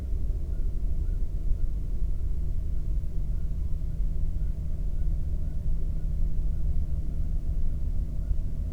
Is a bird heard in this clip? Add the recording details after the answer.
yes. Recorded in the Prudhoe Bay oil fields, Alaska, on 22 May 2019 at 00:32. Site 19